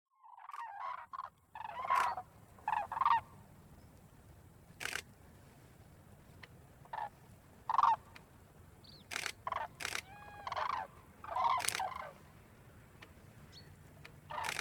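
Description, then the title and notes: Cranes giving scattered bugling calls spaced by quiet gaps, with sharp camera shutter clicks sounding several times between them. Cranes flying over Polder Glies, Bremerhaven, Germany, with a photographer's camera shutter clicks audible. "Grues en vol - Polder Glies - Bremerhaven, Germany"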